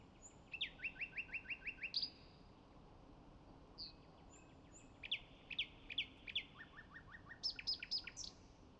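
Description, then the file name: Common nightingale song in several phrases: quick rattling runs of repeated notes, pauses with soft whistles, lower clicking series and a final burst of high, buzzy repeated notes. "Luscinia megarhynchos"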